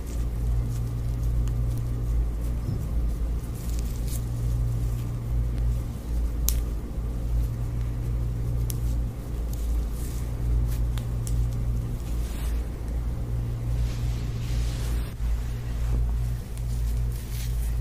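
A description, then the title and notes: Soft hair rustling and handling with occasional sharp clicks, over a steady low droning hum that runs throughout, without speech. Real Hair Twisting (no talking). Spray bottle + scalp massage.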